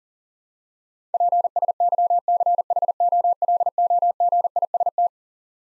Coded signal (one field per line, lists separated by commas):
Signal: Morse code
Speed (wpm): 40 wpm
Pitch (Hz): 700 Hz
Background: none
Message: PSYCHOLOGIST